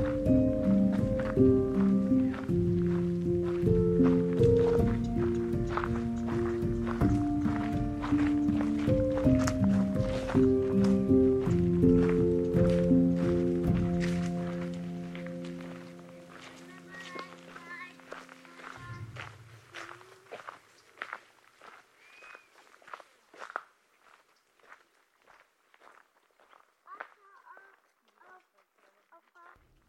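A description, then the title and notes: At Ramsey Canyon Preserve in Arizona's Huachuca Mountains, sustained tones stepping between pitches drone beneath frequent sharp taps, fading by fifteen seconds; a low rumble cuts off near nineteen. Afterward, sparse irregular ticks like footsteps continue with faint high chirps. Today’s soundwalk was made on April 23, 2022 at Ramsey Canyon Preserve in the Huachuca Mountains of SE Arizona.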